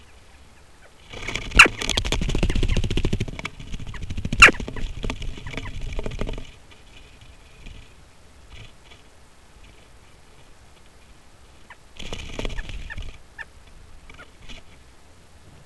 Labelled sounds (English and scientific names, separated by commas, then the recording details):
Western Jackdaw (Coloeus monedula) call
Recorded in Germany in the breeding season of 2015
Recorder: a small backpack on a wild male jackdaw